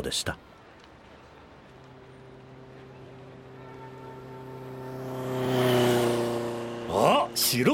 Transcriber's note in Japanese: 街の音。白バイが、通過